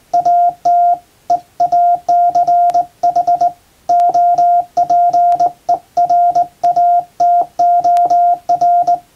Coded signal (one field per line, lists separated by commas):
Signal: Morse code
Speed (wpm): 20 wpm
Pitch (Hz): 700 Hz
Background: none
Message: AT EACH OPERATOR